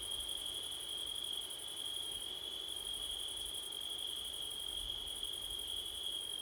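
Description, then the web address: Crickets calling continuously, a sustained high note layered with a pulsing trill that briefly fades twice. Crickets on a windy September night; Blumlein stereo microphone pair. "audio crickets wind september night blumlein"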